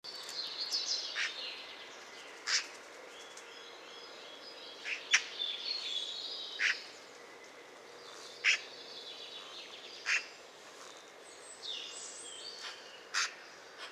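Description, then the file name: Eurasian magpie giving several harsh, rasping single calls scattered throughout. "Pica pica"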